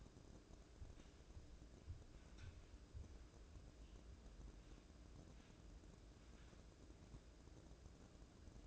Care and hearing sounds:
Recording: daily activity, microphone in the room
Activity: wipe stove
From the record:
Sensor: 2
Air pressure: 1012.2 hPa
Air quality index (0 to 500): 156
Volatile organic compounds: 2 ppm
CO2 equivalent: 1139 ppm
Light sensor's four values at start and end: 440/1120/430/452 and 440/1117/429/451

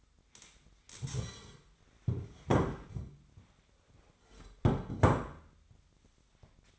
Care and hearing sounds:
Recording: daily activity, microphone in the room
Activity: stand up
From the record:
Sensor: 3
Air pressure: 1007.9 hPa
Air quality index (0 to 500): 191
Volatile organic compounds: 14 ppm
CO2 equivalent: 2450 ppm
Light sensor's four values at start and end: 12/28/12/12 and 12/28/12/12

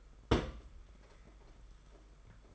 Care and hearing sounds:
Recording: daily activity, microphone in the room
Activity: place on stove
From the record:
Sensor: 5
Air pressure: 991.2 hPa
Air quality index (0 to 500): 91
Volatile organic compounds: 11 ppm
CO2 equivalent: 2299 ppm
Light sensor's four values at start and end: 32/102/39/42 and 32/102/39/42

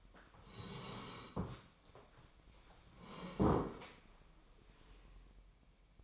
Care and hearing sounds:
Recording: daily activity, microphone in the room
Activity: sit down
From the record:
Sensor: 1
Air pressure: 1015.2 hPa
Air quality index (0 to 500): 157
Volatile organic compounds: 9 ppm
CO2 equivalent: 2179 ppm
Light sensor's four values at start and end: 12/29/12/13 and 12/29/12/13

